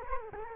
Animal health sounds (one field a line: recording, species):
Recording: mosquito wingbeat signal from an infrared sensor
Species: Culex quinquefasciatus